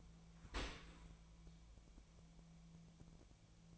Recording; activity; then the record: daily activity, microphone in the room; open dishwasher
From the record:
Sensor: 1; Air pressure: 1000.5 hPa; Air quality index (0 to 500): 182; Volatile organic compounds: 4 ppm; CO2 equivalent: 1678 ppm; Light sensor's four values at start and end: 10/25/10/12 and 10/25/10/12